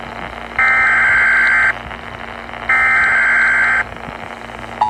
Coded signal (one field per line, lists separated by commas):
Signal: Emergency Alert System (SAME) tones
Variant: header bursts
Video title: Flash Flood Warning for my area! | AM Radio | EAS# 64